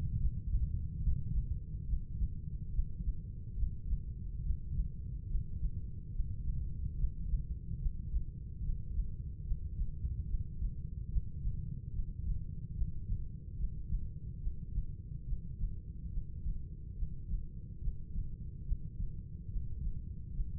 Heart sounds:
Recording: heart sounds by stethoscope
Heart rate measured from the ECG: 71 bpm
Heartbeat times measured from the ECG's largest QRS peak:
0.18 s: heartbeat
1.00 s: heartbeat
1.85 s: heartbeat
2.71 s: heartbeat
3.55 s: heartbeat
4.42 s: heartbeat
5.27 s: heartbeat
6.12 s: heartbeat
6.96 s: heartbeat
7.78 s: heartbeat
8.61 s: heartbeat
9.43 s: heartbeat
10.26 s: heartbeat
11.09 s: heartbeat
11.91 s: heartbeat
12.73 s: heartbeat
13.56 s: heartbeat
14.39 s: heartbeat
15.25 s: heartbeat
16.10 s: heartbeat
16.95 s: heartbeat
17.80 s: heartbeat
18.64 s: heartbeat
19.49 s: heartbeat
20.32 s: heartbeat
From the record:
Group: healthy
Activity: breath hold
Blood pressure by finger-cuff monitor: 93/58 mmHg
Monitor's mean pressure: 71 mmHg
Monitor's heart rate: 71 bpm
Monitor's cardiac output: 6 L/min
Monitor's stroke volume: 84 mL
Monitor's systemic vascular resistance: 840 dyn s/cm5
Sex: female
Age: 26 years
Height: 165 cm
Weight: 55 kg

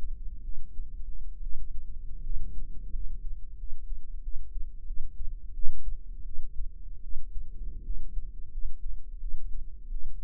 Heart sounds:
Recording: heart sounds by microphone in the right ear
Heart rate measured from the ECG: 82 bpm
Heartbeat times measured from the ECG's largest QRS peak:
0.43 s: heartbeat
1.42 s: heartbeat
2.22 s: heartbeat
2.91 s: heartbeat
3.57 s: heartbeat
4.21 s: heartbeat
4.85 s: heartbeat
5.52 s: heartbeat
6.24 s: heartbeat
7.02 s: heartbeat
7.83 s: heartbeat
8.50 s: heartbeat
9.19 s: heartbeat
9.90 s: heartbeat
From the record:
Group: healthy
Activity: rest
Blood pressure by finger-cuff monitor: 100/63 mmHg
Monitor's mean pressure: 79 mmHg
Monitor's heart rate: 85 bpm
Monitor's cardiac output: 7.5 L/min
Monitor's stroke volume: 88 mL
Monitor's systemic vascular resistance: 760 dyn s/cm5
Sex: female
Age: 22 years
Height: 157 cm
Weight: 47.6 kg

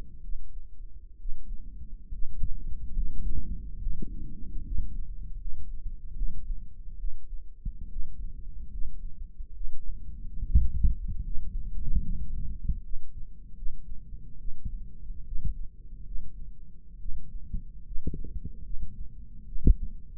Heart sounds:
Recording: heart sounds by microphone in the right ear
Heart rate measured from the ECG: 72 bpm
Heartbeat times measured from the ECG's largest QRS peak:
0.19 s: heartbeat
1.15 s: heartbeat
2.08 s: heartbeat
2.91 s: heartbeat
3.76 s: heartbeat
4.60 s: heartbeat
5.35 s: heartbeat
6.13 s: heartbeat
6.94 s: heartbeat
7.86 s: heartbeat
8.67 s: heartbeat
9.51 s: heartbeat
10.40 s: heartbeat
11.19 s: heartbeat
11.99 s: heartbeat
12.79 s: heartbeat
13.52 s: heartbeat
14.35 s: heartbeat
15.21 s: heartbeat
16.01 s: heartbeat
16.95 s: heartbeat
17.81 s: heartbeat
18.60 s: heartbeat
19.42 s: heartbeat
From the record:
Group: healthy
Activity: rest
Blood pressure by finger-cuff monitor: 95/73 mmHg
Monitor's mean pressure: 79 mmHg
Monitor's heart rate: 73 bpm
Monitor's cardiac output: 5.1 L/min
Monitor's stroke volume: 70 mL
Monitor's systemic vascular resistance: 1120 dyn s/cm5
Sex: male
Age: 20 years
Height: 187 cm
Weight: 68.9 kg

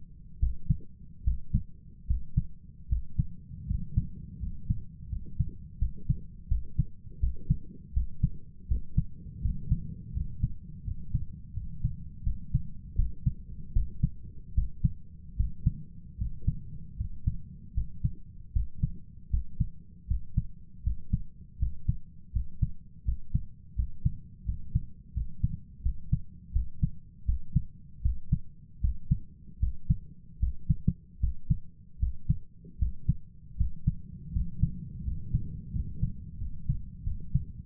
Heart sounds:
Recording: heart sounds by stethoscope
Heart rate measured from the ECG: 80 bpm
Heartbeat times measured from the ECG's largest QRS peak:
0.38 s: heartbeat
1.22 s: heartbeat
2.05 s: heartbeat
2.87 s: heartbeat
3.65 s: heartbeat
4.38 s: heartbeat
5.08 s: heartbeat
5.77 s: heartbeat
6.47 s: heartbeat
7.18 s: heartbeat
7.92 s: heartbeat
8.66 s: heartbeat
9.40 s: heartbeat
10.12 s: heartbeat
10.83 s: heartbeat
11.52 s: heartbeat
12.22 s: heartbeat
12.94 s: heartbeat
13.72 s: heartbeat
14.53 s: heartbeat
15.35 s: heartbeat
16.16 s: heartbeat
16.96 s: heartbeat
17.73 s: heartbeat
18.51 s: heartbeat
19.29 s: heartbeat
20.06 s: heartbeat
20.82 s: heartbeat
21.57 s: heartbeat
22.31 s: heartbeat
23.03 s: heartbeat
23.74 s: heartbeat
24.44 s: heartbeat
25.12 s: heartbeat
25.81 s: heartbeat
26.51 s: heartbeat
27.24 s: heartbeat
28.01 s: heartbeat
28.79 s: heartbeat
29.58 s: heartbeat
30.38 s: heartbeat
31.19 s: heartbeat
31.98 s: heartbeat
32.77 s: heartbeat
33.56 s: heartbeat
34.31 s: heartbeat
35.03 s: heartbeat
35.71 s: heartbeat
36.37 s: heartbeat
37.03 s: heartbeat
From the record:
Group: healthy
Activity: rest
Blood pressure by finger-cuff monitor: 90/65 mmHg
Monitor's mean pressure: 73 mmHg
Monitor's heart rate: 81 bpm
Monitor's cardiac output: 6.5 L/min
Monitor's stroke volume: 82 mL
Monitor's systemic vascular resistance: 780 dyn s/cm5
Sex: male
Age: 23 years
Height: 178 cm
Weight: 96.6 kg

